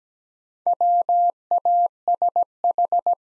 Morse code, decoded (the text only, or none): WASH